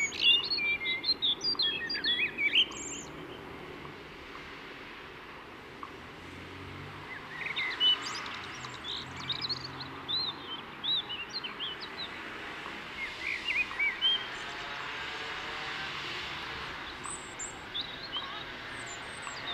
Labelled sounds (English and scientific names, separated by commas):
European Robin (Erithacus rubecula) song